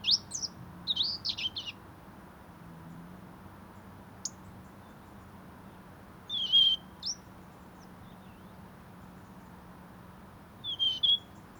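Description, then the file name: European robin giving brief, high, sweet phrases separated by long pauses: a cluster at the start, one around six seconds, another near the end, over a low hum. "Erithacus rubecula"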